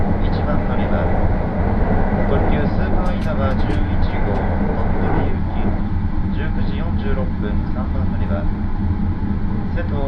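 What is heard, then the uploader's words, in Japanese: Riding the Marine Liner rapid train from Takamatsu toward Okayama, a steady, dense low rumble holds at an even level throughout. Voices murmur over it continuously, and a few short bright clicks and rattles stand out around three to five seconds. 予讃線 快速マリンライナー40号 高松→岡山。日も暮れてしまった。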